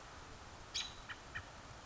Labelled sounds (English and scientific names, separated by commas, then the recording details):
American Robin (Turdus migratorius)
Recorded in Sonoma County, California